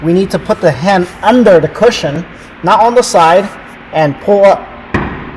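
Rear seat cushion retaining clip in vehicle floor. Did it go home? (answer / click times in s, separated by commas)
released / 4.9 s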